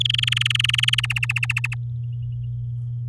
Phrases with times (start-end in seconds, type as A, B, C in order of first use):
0.00-1.01 A, 1.03-1.74 B